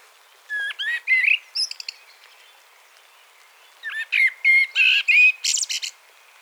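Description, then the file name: Common blackbird song in two phrases, each of fluty whistled notes sliding up and down, ending in a thin, scratchy high twitter, with a quiet pause between them. "Turdus merula"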